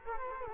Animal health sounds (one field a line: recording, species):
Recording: mosquito wingbeat signal from an infrared sensor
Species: Culex quinquefasciatus